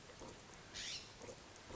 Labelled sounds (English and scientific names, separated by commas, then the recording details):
California Scrub-Jay (Aphelocoma californica)
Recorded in Sonoma County, California